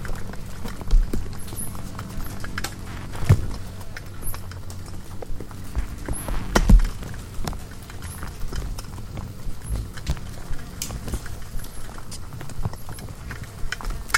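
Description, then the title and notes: Insects give scattered clicks and taps over a constant low hum, a few heavier thuds standing out. Hundreds of bugs frantically congregating around the only light at night, a porch bulb on a savannah wildlife ranch at Mmabolela, South Africa, November 2016; mix of six mics including miniature omnis; Zoom F8. "Hundreds of Bugs. One Lightbulb. a bulb hanging on the porch of a wildlife ranch in South Africa."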